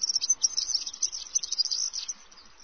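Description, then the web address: European serin singing one continuous, rapid, high-pitched jangle of tinkling, buzzy notes that fades at the end. "chants Serin cini"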